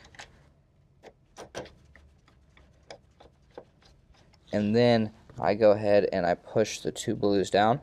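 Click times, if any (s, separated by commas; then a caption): none. Someone handles a network card in a Dell PowerEdge R720xd server, its screws already started, and begins pushing its two blue plastic retention latches down, making small taps and clicks through the first four seconds before someone talks. Nothing has seated or clicked into place yet.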